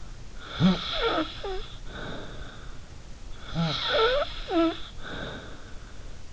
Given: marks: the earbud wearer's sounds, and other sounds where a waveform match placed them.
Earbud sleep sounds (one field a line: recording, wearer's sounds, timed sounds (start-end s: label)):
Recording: sounds in sleep by an in-ear microphone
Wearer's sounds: snoring breath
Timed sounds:
0.39-2.86 s: snoring breath
3.35-6.09 s: snoring breath